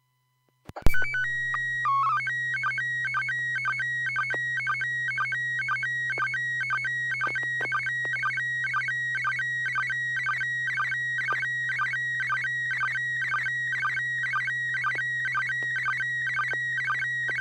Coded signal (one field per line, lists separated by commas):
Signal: SSTV (slow-scan television)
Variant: PD 120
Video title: N6NA SSTV Net - 02/14/2024